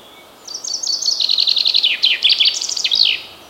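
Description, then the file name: Common chaffinch song with accelerating high chips sliding lower into a trill and closing with a bright flourish; a single complete phrase over quiet hiss. "Fringilla coelebs"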